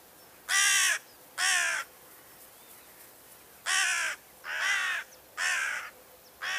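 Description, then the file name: Carrion crow giving harsh, hoarse caws, six in all, spaced unevenly as a pair and then a run of four. "Corvus corone"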